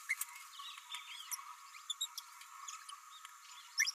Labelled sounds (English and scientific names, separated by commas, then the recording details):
Green-rumped Parrotlet (Forpus passerinus) babbling
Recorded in a nest box in Venezuela
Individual 18B104A3